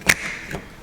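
A new OEM plastic cover is pressed onto the rear wiper arm of a 2004 Subaru Forester XT and snaps into place with a sharp, bright click at 0.1 s. A softer knock follows around 0.5 s, and the cover is seated.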